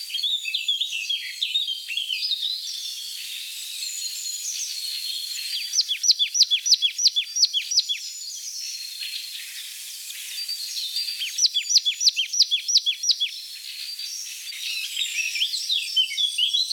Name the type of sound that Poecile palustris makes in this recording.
song